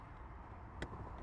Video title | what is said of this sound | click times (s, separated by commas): Lotus Essential SAFETY & MAINTENANCE Checks You MUST Be Performing Regularly! | You hear a little click and that's it locating back in. | 0.8 s